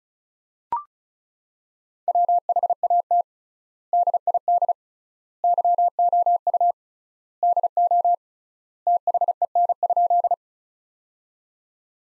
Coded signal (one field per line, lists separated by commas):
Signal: Morse code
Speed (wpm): 36 wpm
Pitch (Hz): 700 Hz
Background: none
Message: WHAT DID YOU DO THEN?